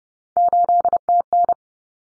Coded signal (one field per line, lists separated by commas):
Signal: Morse code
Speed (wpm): 30 wpm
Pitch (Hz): 700 Hz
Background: none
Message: 8TN